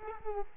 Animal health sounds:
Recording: mosquito wingbeat signal from an infrared sensor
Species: Culex quinquefasciatus

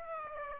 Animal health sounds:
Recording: mosquito wingbeat signal from an infrared sensor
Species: Aedes aegypti

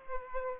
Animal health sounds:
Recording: mosquito wingbeat signal from an infrared sensor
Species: Aedes aegypti

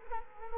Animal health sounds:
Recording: mosquito wingbeat signal from an infrared sensor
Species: Culex quinquefasciatus

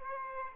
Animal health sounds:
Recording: mosquito wingbeat signal from an infrared sensor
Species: Aedes aegypti

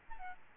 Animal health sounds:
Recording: mosquito wingbeat signal from an infrared sensor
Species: Aedes albopictus

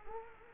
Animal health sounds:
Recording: mosquito wingbeat signal from an infrared sensor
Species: Culex quinquefasciatus

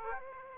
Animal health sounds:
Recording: mosquito wingbeat signal from an infrared sensor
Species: Aedes aegypti

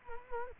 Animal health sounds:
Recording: mosquito wingbeat signal from an infrared sensor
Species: Culex quinquefasciatus

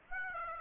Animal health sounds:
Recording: mosquito wingbeat signal from an infrared sensor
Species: Aedes aegypti

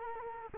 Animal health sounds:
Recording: mosquito wingbeat signal from an infrared sensor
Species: Culex quinquefasciatus

